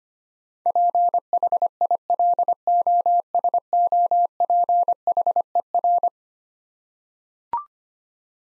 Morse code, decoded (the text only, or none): PHILOSOPHER